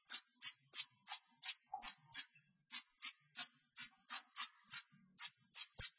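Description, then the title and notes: Long-tailed shrike song: high, harsh double-toned notes repeated about three times a second in an uneven series, with no other clear sounds. "Suara burung pentet"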